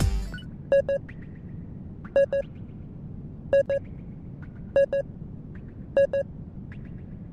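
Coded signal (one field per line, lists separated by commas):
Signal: none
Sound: game's repeating double beeps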